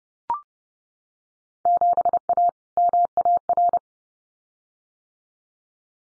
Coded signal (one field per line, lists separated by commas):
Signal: Morse code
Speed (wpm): 30 wpm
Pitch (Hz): 700 Hz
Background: none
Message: 7A MAR